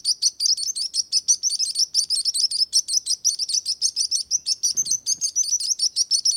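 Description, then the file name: Sparrow giving a rapid run of high, slightly wavering chirps, with a soft low sound near the end. "Sparrow singing sound"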